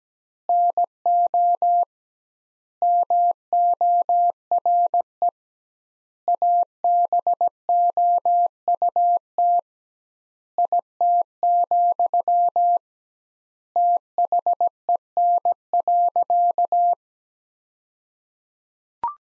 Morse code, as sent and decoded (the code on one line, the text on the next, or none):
-. --- / -- --- .-. . / .- -... --- ..- - / .. - --..-- / - .... . -. .-.-.-
NO MORE ABOUT IT, THEN.